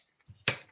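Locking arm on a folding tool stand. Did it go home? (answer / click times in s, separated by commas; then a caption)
yes / 0.5 s. A locking arm on a folding tool stand is pulled up to lock it, with a soft low rustle around 0.3 s. A single sharp, bright click follows at 0.5 s and decays over about a quarter second. The arm clicks into place and the stand is locked.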